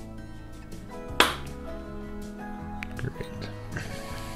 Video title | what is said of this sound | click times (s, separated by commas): Unbelievable Fix for Your LG Washer Power Button - What's the Reynolds Wrap Trick? | everything's clicked into place | 1.2 s